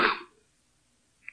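One short, harsh throat clear from an adult man with a cold and a cough, lasting about a third of a second, then silence and a faint click.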